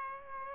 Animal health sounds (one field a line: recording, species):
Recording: mosquito wingbeat signal from an infrared sensor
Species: Aedes aegypti